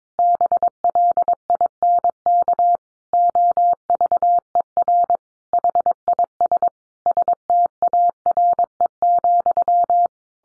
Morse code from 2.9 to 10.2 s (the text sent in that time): OVER HIS STARE,